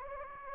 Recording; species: mosquito wingbeat signal from an infrared sensor; Anopheles gambiae